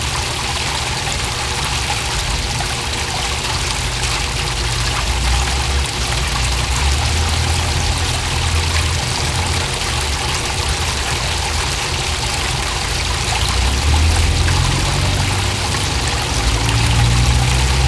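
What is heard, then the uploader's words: A public fountain pours and splashes steadily, a dense rushing hiss with low rumbling underneath that swells slightly near the end. Active Public Fountain.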